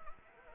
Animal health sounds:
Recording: mosquito wingbeat signal from an infrared sensor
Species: Anopheles arabiensis

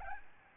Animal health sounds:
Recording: mosquito wingbeat signal from an infrared sensor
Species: Aedes albopictus

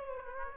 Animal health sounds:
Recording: mosquito wingbeat signal from an infrared sensor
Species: Aedes aegypti

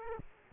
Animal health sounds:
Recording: mosquito wingbeat signal from an infrared sensor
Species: Aedes aegypti

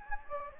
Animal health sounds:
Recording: mosquito wingbeat signal from an infrared sensor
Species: Anopheles gambiae

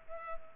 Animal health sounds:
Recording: mosquito wingbeat signal from an infrared sensor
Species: Culex pipiens

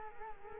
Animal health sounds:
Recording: mosquito wingbeat signal from an infrared sensor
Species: Culex quinquefasciatus

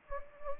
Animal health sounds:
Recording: mosquito wingbeat signal from an infrared sensor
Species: Anopheles gambiae

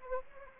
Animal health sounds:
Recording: mosquito wingbeat signal from an infrared sensor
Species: Anopheles arabiensis

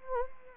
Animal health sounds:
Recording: mosquito wingbeat signal from an infrared sensor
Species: Anopheles gambiae

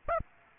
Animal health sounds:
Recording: mosquito wingbeat signal from an infrared sensor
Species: Aedes aegypti

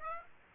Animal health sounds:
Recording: mosquito wingbeat signal from an infrared sensor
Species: Aedes aegypti

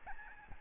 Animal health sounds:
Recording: mosquito wingbeat signal from an infrared sensor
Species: Aedes albopictus

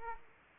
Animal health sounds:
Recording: mosquito wingbeat signal from an infrared sensor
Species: Aedes aegypti

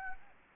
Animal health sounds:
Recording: mosquito wingbeat signal from an infrared sensor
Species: Anopheles gambiae

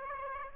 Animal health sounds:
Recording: mosquito wingbeat signal from an infrared sensor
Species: Aedes aegypti

